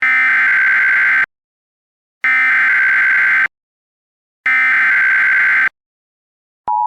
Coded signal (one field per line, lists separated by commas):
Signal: Emergency Alert System (SAME) tones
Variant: header bursts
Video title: EAS Simulacion / EAS Mock - tornado de Illinois (prueba de splicing)